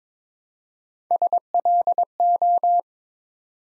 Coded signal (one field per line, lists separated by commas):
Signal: Morse code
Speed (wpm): 22 wpm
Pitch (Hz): 700 Hz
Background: none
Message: SLO